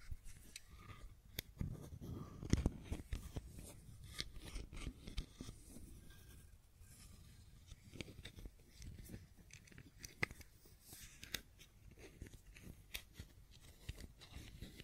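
A fidget cube is tapped and clicked in quick, irregular bursts, each click sharp and bright against a low, soft rumble of handling. The clicking runs throughout with uneven spacing, briefly thinning around seven seconds, and one louder knock lands near two and a half seconds.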